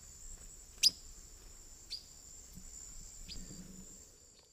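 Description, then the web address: Silver-beaked tanager with one loud sharp call note followed by two fainter ones, amid a constant high insect buzz and soft low background noise. Calls and flight calls, recorded in the eastern lowlands of South America. "Natures Songs S America Eastern Lowlands. Ramphocelus carbo, calls and flight calls"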